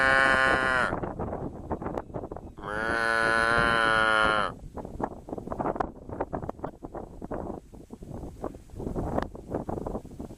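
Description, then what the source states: Cow mooing in two drawn-out, harmonic-rich calls, the second lasting about two seconds, over steady rustling and clattering noise. Cows in Saskatchewan.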